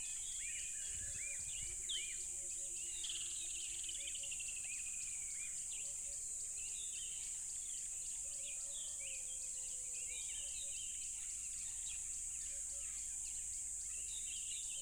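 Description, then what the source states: Crickets keep up a continuous high-pitched ringing while birds chirp and trill over it, with a few soft low whistles. Loud crickets by a tropical river.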